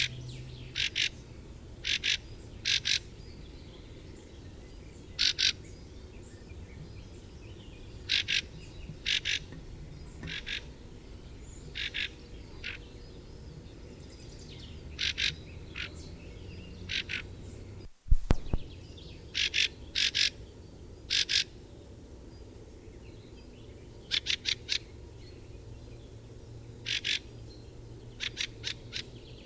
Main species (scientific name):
Turdus pilaris